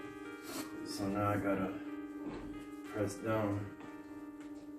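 Someone talks while handling a cushioned loveseat section, pressing down on it to slide it onto the metal connector bracket of the adjoining section, with steady music playing underneath. Nothing has seated or clicked yet; the clip ends before the section's latch locks into place.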